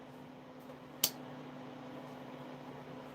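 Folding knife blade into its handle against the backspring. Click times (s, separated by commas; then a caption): 1.0 s. A folding pocket knife blade, its kick ground down so the blade now sits in the handle instead of sticking up, is snapped shut so the kick strikes the steel backspring, or rocker bar. A single sharp, bright snap rings out at 1.0 s against a steady low hum. The blade seats closed in the handle.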